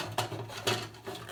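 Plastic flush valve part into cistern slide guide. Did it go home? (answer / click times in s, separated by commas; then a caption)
no / none. A plastic flush valve part from a 2012 Geberit Sigma 8 (109.770.001) concealed cistern is handled and pushed toward its slide guide, producing soft plastic knocks and rubbing, with sharper taps near 0.2 s and 0.7 s over a low steady hum. Nothing has seated or clicked into the slide guide yet.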